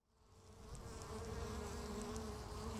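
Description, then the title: Honey bees, a hive drone fading in from silence to a steady, layered buzzing hum. Bees inside a beehive, recorded in Laren, Gelderland, Netherlands, on July 17, 2015; not a binaural recording. "Beehive. Bijenkorf (Laren Gld., July 17th 2015)"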